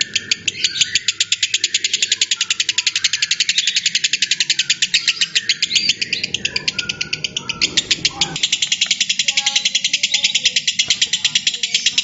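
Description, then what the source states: Lovebird churring chatter: a rapid string of scratchy high pulses, briefly softer near the middle, with a few thin squeaks and a low rumble in the background. Lovebird heard in a singing style the source calls konslet.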